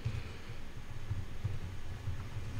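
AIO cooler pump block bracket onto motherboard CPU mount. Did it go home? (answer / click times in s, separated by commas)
no / none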